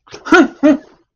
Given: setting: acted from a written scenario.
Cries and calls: vocal sound without words; negative surprise

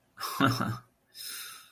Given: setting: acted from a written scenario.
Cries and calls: vocal sound without words; pride

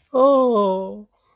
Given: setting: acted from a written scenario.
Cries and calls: vocal sound without words; adoration

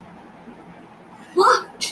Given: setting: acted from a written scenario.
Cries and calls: vocal sound without words; negative surprise

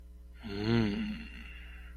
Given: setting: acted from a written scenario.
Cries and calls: vocal sound without words; ecstasy

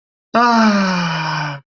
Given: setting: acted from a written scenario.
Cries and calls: vocal sound without words; contentment

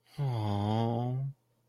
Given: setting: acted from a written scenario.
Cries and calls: vocal sound without words; sympathy

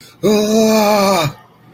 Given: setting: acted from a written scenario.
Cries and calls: vocal sound without words; distress

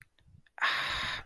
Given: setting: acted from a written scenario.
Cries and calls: vocal sound without words; pain

